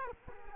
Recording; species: mosquito wingbeat signal from an infrared sensor; Culex quinquefasciatus